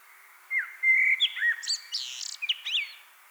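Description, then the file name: Common blackbird song phrase of smooth, flute-like whistles, then a busy jumble of high, squeaky and rattling notes. "Turdus merula"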